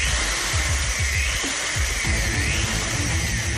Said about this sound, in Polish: A teraz solo na wiertarce. Ale czad.